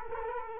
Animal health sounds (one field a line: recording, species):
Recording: mosquito wingbeat signal from an infrared sensor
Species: Culex quinquefasciatus